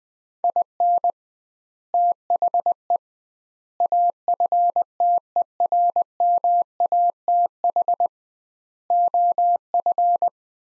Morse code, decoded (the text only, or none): IN THE AFTERMATH OF